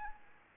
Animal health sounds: mosquito wingbeat signal from an infrared sensor; Anopheles arabiensis

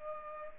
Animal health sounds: mosquito wingbeat signal from an infrared sensor; Culex pipiens

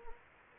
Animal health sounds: mosquito wingbeat signal from an infrared sensor; Anopheles gambiae

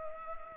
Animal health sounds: mosquito wingbeat signal from an infrared sensor; Culex pipiens

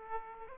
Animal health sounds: mosquito wingbeat signal from an infrared sensor; Aedes aegypti

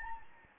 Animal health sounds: mosquito wingbeat signal from an infrared sensor; Anopheles gambiae

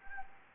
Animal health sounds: mosquito wingbeat signal from an infrared sensor; Anopheles gambiae

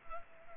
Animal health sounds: mosquito wingbeat signal from an infrared sensor; Culex pipiens

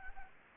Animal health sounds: mosquito wingbeat signal from an infrared sensor; Anopheles gambiae

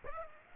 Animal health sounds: mosquito wingbeat signal from an infrared sensor; Aedes aegypti

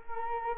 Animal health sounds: mosquito wingbeat signal from an infrared sensor; Culex quinquefasciatus

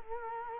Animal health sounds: mosquito wingbeat signal from an infrared sensor; Culex quinquefasciatus

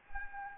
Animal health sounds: mosquito wingbeat signal from an infrared sensor; Anopheles gambiae

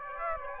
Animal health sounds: mosquito wingbeat signal from an infrared sensor; Aedes aegypti

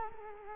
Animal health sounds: mosquito wingbeat signal from an infrared sensor; Culex quinquefasciatus

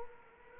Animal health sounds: mosquito wingbeat signal from an infrared sensor; Culex quinquefasciatus

